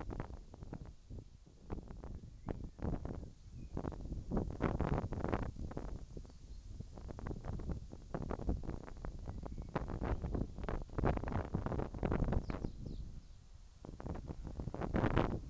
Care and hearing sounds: everyday scene through a hearing-aid microphone; wind on the microphone; wind, whistling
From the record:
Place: in front of a rural house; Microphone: in the ear canal, left

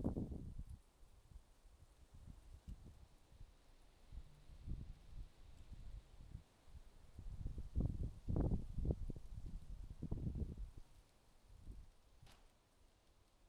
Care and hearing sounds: everyday scene through a hearing-aid microphone; wind on the microphone; wind, traffic, birds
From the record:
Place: suburban garden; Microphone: in the ear canal, left

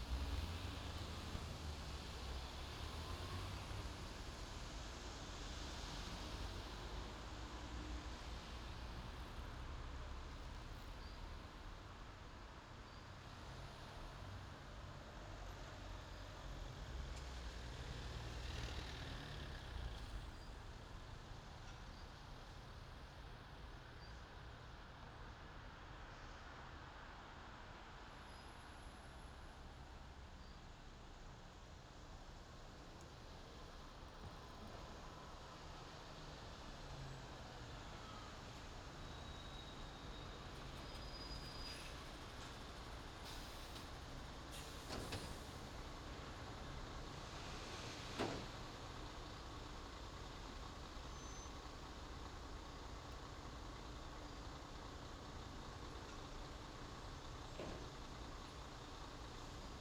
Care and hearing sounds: everyday scene through a hearing-aid microphone; in traffic; traffic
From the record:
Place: main city hub, rush hour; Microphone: in the ear canal, left

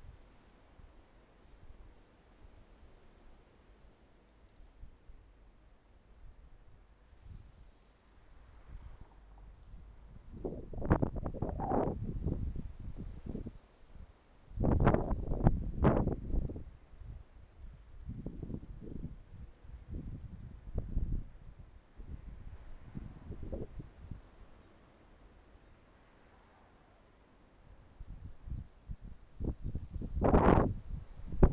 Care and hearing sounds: everyday scene through a hearing-aid microphone; wind on the microphone; wind, traffic, birds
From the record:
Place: suburban garden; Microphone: behind the ear, right, rear

